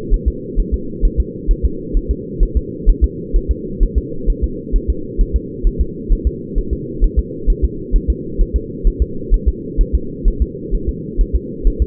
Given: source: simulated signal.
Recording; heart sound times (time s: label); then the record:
fetal heart sounds
0.14 s: S1
0.28 s: S2
0.60 s: S1
0.74 s: S2
1.05 s: S1
1.20 s: S2
1.51 s: S1
1.65 s: S2
1.97 s: S1
2.11 s: S2
2.43 s: S1
2.57 s: S2
2.89 s: S1
3.04 s: S2
3.36 s: S1
3.51 s: S2
3.83 s: S1
3.98 s: S2
4.30 s: S1
4.44 s: S2
4.76 s: S1
4.90 s: S2
5.21 s: S1
5.36 s: S2
5.67 s: S1
5.81 s: S2
6.12 s: S1
6.27 s: S2
6.58 s: S1
6.73 s: S2
7.04 s: S1
7.19 s: S2
7.50 s: S1
7.64 s: S2
7.96 s: S1
8.10 s: S2
8.41 s: S1
8.56 s: S2
8.87 s: S1
9.02 s: S2
9.34 s: S1
9.48 s: S2
9.81 s: S1
9.95 s: S2
10.28 s: S1
10.42 s: S2
10.75 s: S1
10.89 s: S2
11.21 s: S1
11.36 s: S2
11.67 s: S1
11.82 s: S2
From the record:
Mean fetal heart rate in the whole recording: 130 bpm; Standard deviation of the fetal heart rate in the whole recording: 4 bpm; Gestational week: 38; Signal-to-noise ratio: -4.3 dB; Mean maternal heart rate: 72 bpm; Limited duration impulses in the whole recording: absent